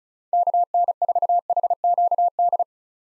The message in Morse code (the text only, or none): KN4HQD